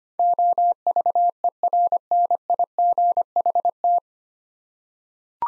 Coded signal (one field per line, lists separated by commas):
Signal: Morse code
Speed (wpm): 25 wpm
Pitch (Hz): 700 Hz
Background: none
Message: OVERNIGHT